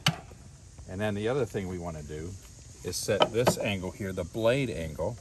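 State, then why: Seated. A miter saw's metal turntable is rotated into its 22.5 degree angle detent. A sharp click is heard at 0.1 s as it locks into place, and then someone talks.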